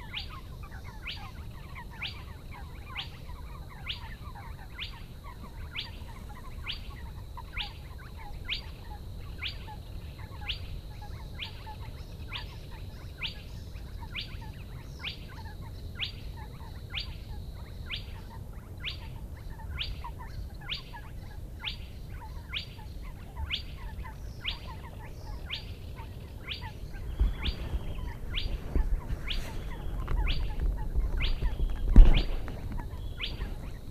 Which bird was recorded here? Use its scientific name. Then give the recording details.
Porzana porzana. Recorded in the wild. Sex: male. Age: adult. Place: Schwedt/Oder, Nationalpark Unteres Odertal, Brandenburg, DE. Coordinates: 53.1181, 14.3686. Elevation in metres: 1. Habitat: wetland. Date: 2015-04-23 03:28. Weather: clear, 3°C, almost windless. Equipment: Sound Devices 702, Sennheiser MKH 70, Rycote Windschutz. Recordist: Frommolt, Karl-Heinz